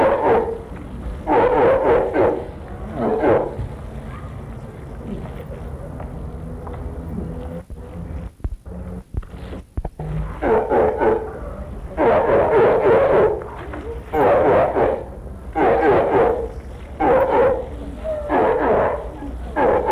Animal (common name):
Walrus